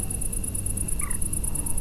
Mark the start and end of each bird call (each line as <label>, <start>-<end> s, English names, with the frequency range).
Common Moorhen (0.8-2.5 kHz), 1.01-1.16 s